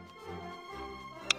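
A 3D-printed plastic screen case part is pushed fully home into its case, with music playing in the background. A sharp click at 1.3 seconds shows the clip snapping into place and seating, a fit where one millimetre made the difference.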